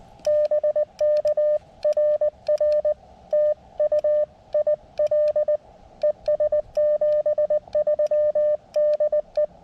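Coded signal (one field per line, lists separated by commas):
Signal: Morse code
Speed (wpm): 20 wpm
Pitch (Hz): 600 Hz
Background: none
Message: BK RR TU IL ES 73 DE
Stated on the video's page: CW summit activation on 40m, starting slowly and picking up toward the end.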